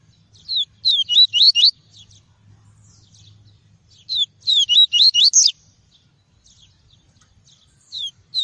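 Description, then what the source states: Double-collared seedeater song given twice about four seconds apart, each a tumbling burst of several high slurred whistles, with a third phrase starting at the end. "Tui-tui" song variety.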